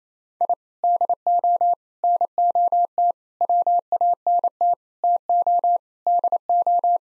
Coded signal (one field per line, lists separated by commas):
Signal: Morse code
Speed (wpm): 28 wpm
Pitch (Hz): 700 Hz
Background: none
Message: I DO NOT WANT TO DO